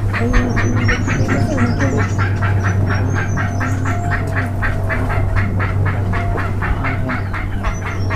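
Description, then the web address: Bird calls: short harsh pulses repeated steadily throughout, with faint high chirps and a constant low droning hum beneath. "BIRD 2015 SABIOD 50 bird 2015"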